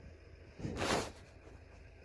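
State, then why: Not seated. A wiring harness connector is slid toward the accelerator pedal sensor socket on a VW Golf during replacement of a faulty accelerator pedal, giving a brief broadband scraping rustle from about 0.6 to 1.1 s over a quiet low hum. The connector is only being lined up, and nothing has seated or clicked yet.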